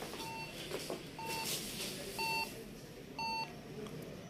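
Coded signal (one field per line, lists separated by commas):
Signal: beep code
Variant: HP BIOS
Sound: about four short, evenly spaced mid-pitched beeps over steady background hiss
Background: fan noise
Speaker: एचपी एलीट डेस्क 800 को प्रॉब्लम यह ए रही है की जैसे ही इसको यह पावर केबल प्लगइन करते हैं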